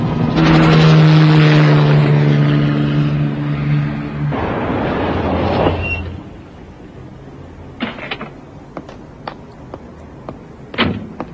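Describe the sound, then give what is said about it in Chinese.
A helicopter in the 1987 TVB Cantonese City Hunter cartoon roars loudly with a steady low droning hum for about four seconds, followed by a rushing whoosh, then quieter scattered sharp knocks and clicks. “但我系直升机嘅目的地啦。”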